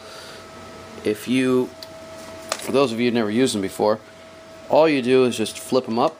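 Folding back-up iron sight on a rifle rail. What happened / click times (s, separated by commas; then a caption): Handled, not yet home: the folding part is being raised but no locking snap is confirmed / none. A Troy DOA Battle Sights folding back-up iron sight on the rail of an AR15 pistol is being handled and flipped up from the down position while someone talks, with a brief sharp tick near 2.5 s over a steady background hum. The clip ends before the sight locks upright, and nothing has seated or clicked into place yet.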